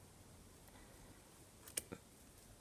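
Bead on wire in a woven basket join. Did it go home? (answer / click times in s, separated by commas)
yes / 1.8 s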